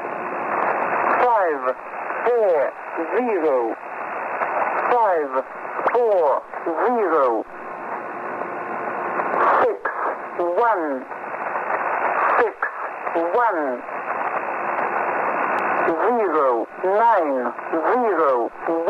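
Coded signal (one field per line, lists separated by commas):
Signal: numbers station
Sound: a voice over narrow-band radio, speaking short phrases separated by brief pauses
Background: radio static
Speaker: This is a recording of a British numbers station transmission.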